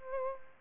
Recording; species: mosquito wingbeat signal from an infrared sensor; Aedes albopictus